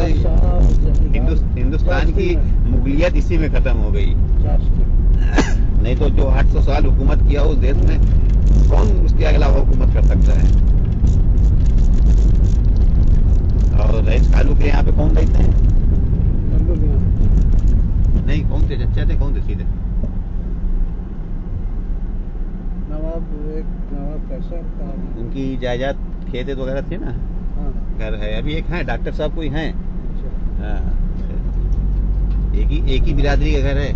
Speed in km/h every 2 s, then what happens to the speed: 30, 31, 35, 40, 42, 43, 42, 33, 18, 5, 5, 2, 1, 0, 2, 8, 19.
0-7 speeds up to 42. 7-13 steady at about 42. 13-22 brakes to 2. 22-28 standing. 28-34 pulls away to 19.